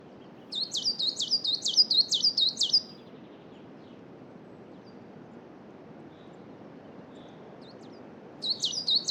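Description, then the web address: Coal tit song, a bright high two-note phrase repeated rapidly several times, then a gap before the phrase starts again, over a steady wind hiss. Spring noon in a coniferous forest, with wind. "Justsoundeffects - Forest Ambiences BIRDSong Spring Noon Coniferous Forest Coal Tit Wind"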